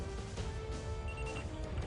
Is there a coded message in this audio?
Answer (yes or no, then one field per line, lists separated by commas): no